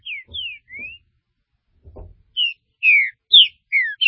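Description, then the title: Green-winged saltator song: clear whistled notes sliding down, one slurred upward, then after a short pause a run of downslurred whistles, with faint low thumps. "Trinca Ferro"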